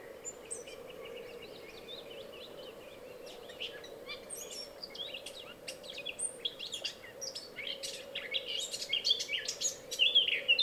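Bird chirps: scattered, sharp, high twittering notes, sparse at first and growing busier and louder toward the end, against a steady low hum.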